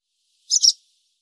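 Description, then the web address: Barn swallow chirp, one quick high double note, otherwise silence. "cianscape birddata Deverinetal 2025"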